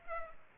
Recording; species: mosquito wingbeat signal from an infrared sensor; Culex pipiens